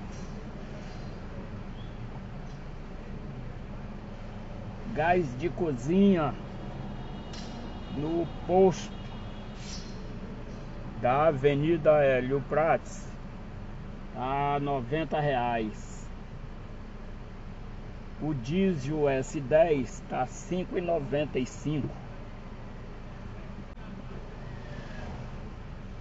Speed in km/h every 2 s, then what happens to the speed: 0, 0, 0, 0, 0, 0, 0, 0, 0, 0, 0, 0, 0.
0-26 standing.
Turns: none.